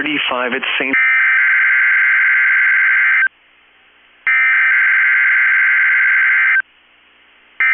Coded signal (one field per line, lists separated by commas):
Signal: Emergency Alert System (SAME) tones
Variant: header bursts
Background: speech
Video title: Minnesota/Wisconsin Statewide Tornado Drill (EAS #1107)